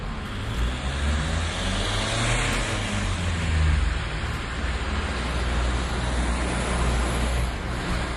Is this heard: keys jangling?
no